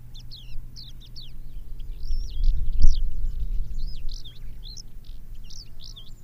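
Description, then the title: Javan bush lark song: a fast, varied run of high, slurred and rising chirps with jumbled notes, over steady low rumbling background noise. "Suara Burung Branjangan"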